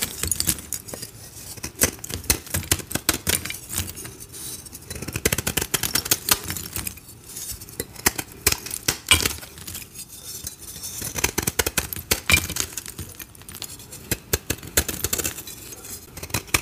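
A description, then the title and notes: Dyed gym chalk being shaved, with a dense, continuous run of sharp scraping clicks and crackles that are bright and gritty. The strokes come in quick, uneven bursts with brief lighter gaps around every couple of seconds, carrying a faint tinkling, clinking quality throughout. Satisfying dyed gym chalk shaving.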